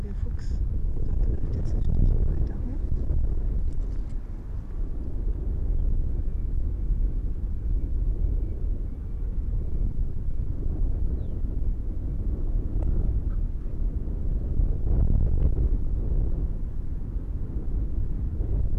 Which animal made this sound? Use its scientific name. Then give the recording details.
Vulpes lagopus. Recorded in the wild. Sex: pair. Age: adult. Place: Insel Mednyi, Kommandeur-Inseln, RU. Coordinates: 54.5167, 168.083. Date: 1999-08-03 19:59. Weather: 10°C, bedeckt, schwacher Ostwind. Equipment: Sony WM-D6C, Sennheiser ME 80, K 30 AV, Windkorb, Kopie Tascam DA 30. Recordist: Jakupi, Antje